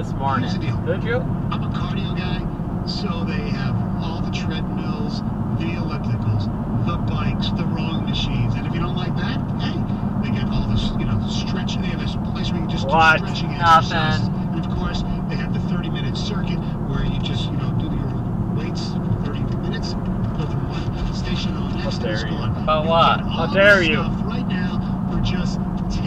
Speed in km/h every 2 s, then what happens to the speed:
61, 63, 66, 68, 68, 66, 63, 60, 61, 60, 64, 64, 61.
0-5 speeds up to 68. 5-14 slows to 60. 14-26 steady at about 61.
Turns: none.